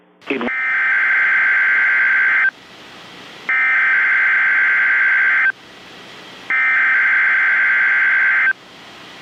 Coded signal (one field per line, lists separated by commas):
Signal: Emergency Alert System (SAME) tones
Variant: header bursts